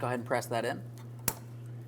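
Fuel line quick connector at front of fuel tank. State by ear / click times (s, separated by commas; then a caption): partly seated / 1.3 s. A fuel line quick connector at the front of the fuel tank on a 2007-2014 Ford Edge 3.5L V6 is pressed in while someone talks, giving a sharp, brief click at 1.3 s over a steady low hum. The line has clicked into place, but its locking tab has not yet been pushed all the way through.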